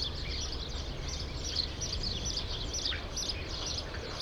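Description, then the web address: True sparrows chattering in a constant chorus of sharp chirps, some notes standing out louder, over a hissy noisy background. "sound True-sparrows"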